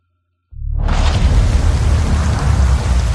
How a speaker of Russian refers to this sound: За шиворот с деревьев без конца капало ледяными осенними каплями